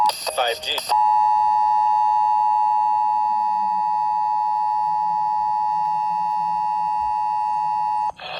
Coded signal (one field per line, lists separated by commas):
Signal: Emergency Alert System (SAME) tones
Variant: 853 and 960 Hz attention tone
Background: speech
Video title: New Jersey Required Monthly Test on 4 stations (March 19, 2024) (EAS #1018-#1022)